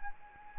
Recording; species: mosquito wingbeat signal from an infrared sensor; Anopheles arabiensis